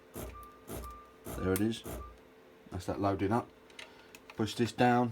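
A beer keg is handled in a home draught beer dispenser and pushed down while someone talks, with a few brief ticks around 3.7–4.2 s. The clip ends before the keg goes home, so nothing has clicked into place yet.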